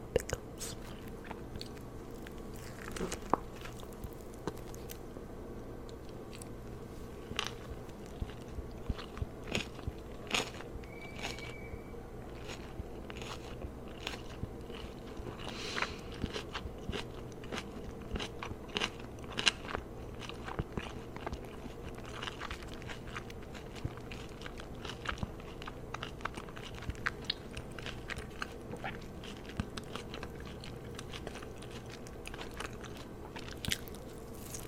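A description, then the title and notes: Continuous eating sounds: frequent crunchy bites and chewing, with sharp crackles every second or two across the whole stretch. A low steady hum sits underneath, with a brief tonal squeak near the eleven-second mark. ASMR Mukbang (Spicy Chicken Burger, Onion Rings, Cheesecake & Bubble Tea).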